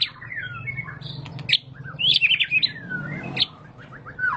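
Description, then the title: White-rumped shama giving scattered high squeaky notes and short warbled phrases, with a steady low hum underneath. Lure recording (pancingan) of a high-quality caged bird song, much sought for use as a master tutor recording to train other caged birds. "Pancingan Murai Batu Berkelas Banyak Di Cari Buat Masteran"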